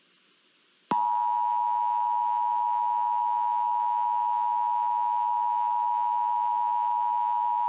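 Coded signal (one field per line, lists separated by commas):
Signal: Emergency Alert System (SAME) tones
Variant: 853 and 960 Hz attention tone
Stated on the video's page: Simulated EAS scenario alert for a La Palma tsunami affecting the North Atlantic; loud.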